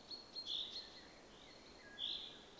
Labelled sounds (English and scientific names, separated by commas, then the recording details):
Common Blackbird (Turdus merula)
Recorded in Germany
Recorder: ecoPi